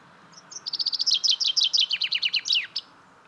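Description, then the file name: Common chaffinch sings a lively descending run of clipped, repeated notes ending with a sharp flourish over soft background noise. "Fringilla coelebs"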